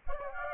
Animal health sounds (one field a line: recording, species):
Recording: mosquito wingbeat signal from an infrared sensor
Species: Aedes aegypti